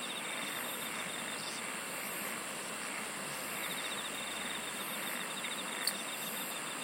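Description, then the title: Insect chorus with intermittent pulsed trills over a steady high hum and hiss, and a single click near the end. "SINGING OF INSECTS"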